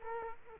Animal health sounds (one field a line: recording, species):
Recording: mosquito wingbeat signal from an infrared sensor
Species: Culex quinquefasciatus